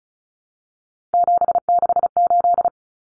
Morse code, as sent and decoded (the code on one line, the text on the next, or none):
--... -.... ---..
768